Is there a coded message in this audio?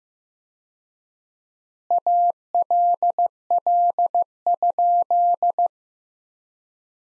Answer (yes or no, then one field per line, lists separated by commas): yes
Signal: Morse code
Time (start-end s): 1.9-5.7 s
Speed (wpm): 15 wpm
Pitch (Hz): 700 Hz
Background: none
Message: ALL?